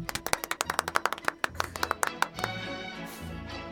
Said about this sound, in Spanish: Aplausos.